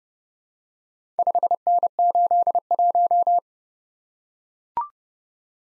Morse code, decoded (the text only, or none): 5N81